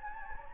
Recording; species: mosquito wingbeat signal from an infrared sensor; Anopheles gambiae